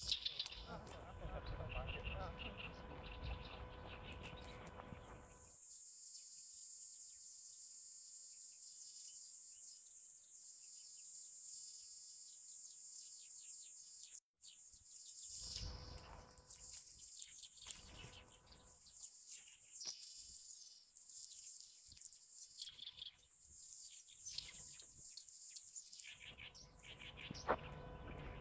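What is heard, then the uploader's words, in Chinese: Many kinds of birds call against a steady, high, shimmering insect-like hiss that runs through most of the recording. Low rumbling sound fills the first five seconds and returns in patches later, with a brief dropout near fourteen seconds and scattered chirps throughout. 沙河北岸鸟鸣记录。在沙河观鸟三小时，记录下多种鸟类的叫声和自然的声音，当然还有人声。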